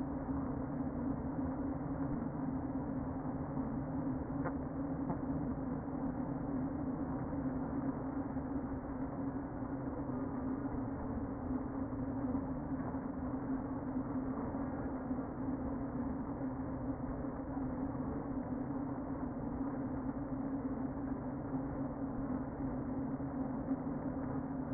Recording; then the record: honeybee colony, microphone inside the hive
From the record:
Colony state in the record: queen present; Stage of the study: before two queens were removed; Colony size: about 60,000 bees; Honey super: yes